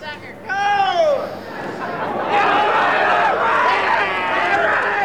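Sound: crowd chatter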